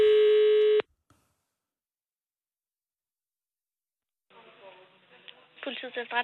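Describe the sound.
A loud, steady telephone ringing tone of a call being placed to the Danish security service PET sounds for under a second and cuts off, followed by silence. Then a thin, band-limited voice speaks over the phone line.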